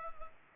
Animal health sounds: mosquito wingbeat signal from an infrared sensor; Culex pipiens

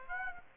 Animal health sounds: mosquito wingbeat signal from an infrared sensor; Aedes aegypti

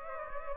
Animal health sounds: mosquito wingbeat signal from an infrared sensor; Aedes aegypti

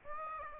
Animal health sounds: mosquito wingbeat signal from an infrared sensor; Aedes aegypti

